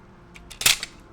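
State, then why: Seated. The plastic wing position mechanism on a 2012 LEGO Star Wars set 9493 X-Wing Starfighter is moved and snaps into its detent with a loud, sharp click at 0.6 s. Softer clicks come at about 0.4 s and 0.8 s. The wing mechanism is seated in place.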